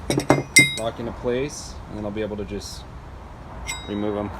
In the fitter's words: going to slide in like that, lock into place